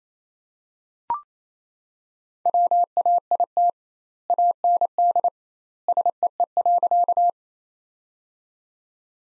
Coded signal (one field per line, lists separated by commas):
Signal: Morse code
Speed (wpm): 28 wpm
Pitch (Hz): 700 Hz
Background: none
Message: WAIT AND SEE.